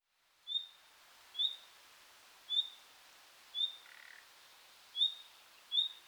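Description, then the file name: Common nightingale repeating a thin, high whistled call six times, plus a single brief lower croaking note midway. "Luscinia megarhynchos"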